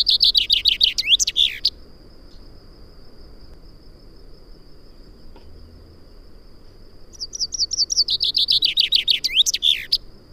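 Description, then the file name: Common chaffinch song: two bright, rapid descending trills, each closing in a quick flourish, one at the start and one after a pause, over a steady thin high tone. "Fringilla coelebs"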